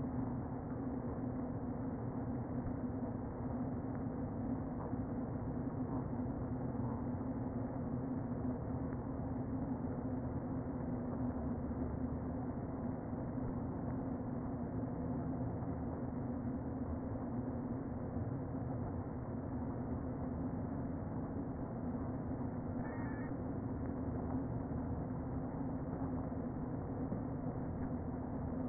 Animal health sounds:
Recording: honeybee colony, microphone inside the hive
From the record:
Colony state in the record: queen present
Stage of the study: before two queens were removed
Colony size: about 60,000 bees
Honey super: yes

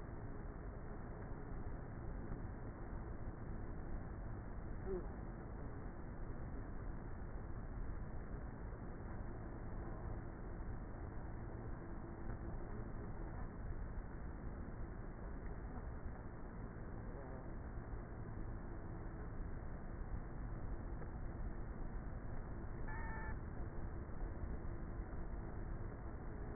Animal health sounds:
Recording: honeybee colony, microphone inside the hive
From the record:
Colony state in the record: queenless with a low population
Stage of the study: before two queens were removed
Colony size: about 30,000 bees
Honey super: no

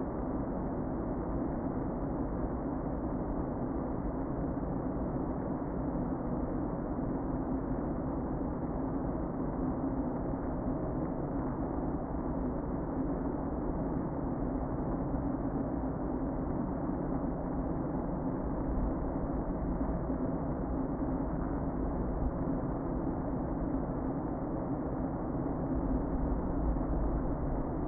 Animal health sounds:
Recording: honeybee colony, microphone inside the hive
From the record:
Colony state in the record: queen present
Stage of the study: before two queens were removed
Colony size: about 60,000 bees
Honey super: yes

